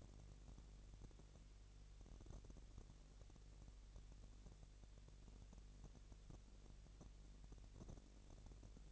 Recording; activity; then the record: daily activity, microphone in the room; no activity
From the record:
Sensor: 4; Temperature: 22.5 degrees Celsius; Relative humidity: 33.4%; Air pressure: 999.6 hPa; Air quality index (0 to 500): 231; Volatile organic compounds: 21 ppm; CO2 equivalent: 2707 ppm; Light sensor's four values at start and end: 2/3/1/1 and 2/3/1/1